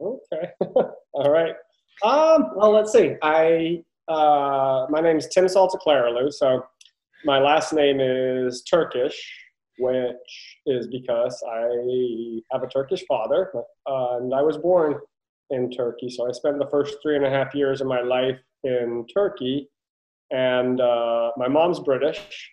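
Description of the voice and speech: An adult man introduces himself in mostly fluent speech, broken by drawn-out sounds, such as a stretched 'ch' in 'which' and long vowels, plus filled hesitation pauses. These prolongations fit mild adult stuttering, which began at about age 3 while he was learning two languages; he attended intensive therapy at 19.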